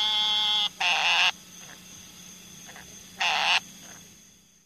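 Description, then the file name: Eastern narrowmouth toad giving nasal, buzzy bleats, each about half a second long. Three bursts are heard: one at the start, one near one second, and one after three seconds. "Gastrophryne carolinensis - Eastern Narrowmouth Toad"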